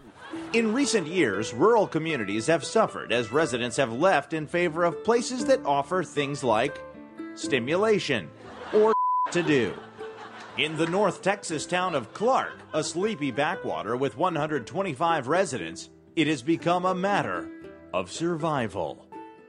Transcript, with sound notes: In recent years, rural communities have suffered as residents have left in favor of places that offer things like stimulation, or (beep) to do. In the north Texas town of Clark, a sleepy backwater with 125 residents, it has become a matter of survival.